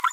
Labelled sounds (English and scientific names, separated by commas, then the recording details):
Green-rumped Parrotlet (Forpus passerinus) babbling
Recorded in a nest box in Venezuela
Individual 18B25A4